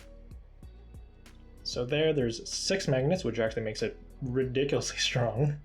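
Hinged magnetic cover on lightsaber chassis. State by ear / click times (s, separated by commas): not seated / none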